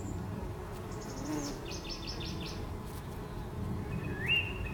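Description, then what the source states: Bees giving a dense low hum throughout, while a bird adds a quick burst of repeated chirps, then a rising whistle near the end. Recorded July 2012.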